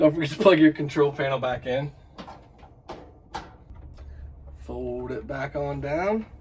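A washing machine control panel is handled as it is folded back down toward the top of the cabinet, with someone talking and brief handling noises between the speech. The clip ends before the panel's plastic clips snap in, so nothing has seated or clicked yet.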